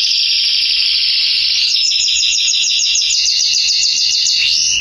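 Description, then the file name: Belgian canary pouring out a dense, buzzy high trill that steps to a different tempo midway and keeps rolling to the end. "canto do canario belga salsa"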